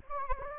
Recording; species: mosquito wingbeat signal from an infrared sensor; Anopheles gambiae